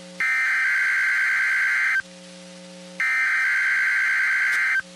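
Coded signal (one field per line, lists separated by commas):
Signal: Emergency Alert System (SAME) tones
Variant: header bursts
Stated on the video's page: Weather radio broadcast cycle from Waco, Texas, including the required weekly test.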